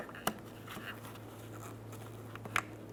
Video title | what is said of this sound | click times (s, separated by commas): How to Replace Fog Lights 2013-2020 Ford Fusion | listen for a click from that a light tug | 2.6 s